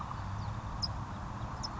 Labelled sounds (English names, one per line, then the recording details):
California Towhee
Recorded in Sonoma County, California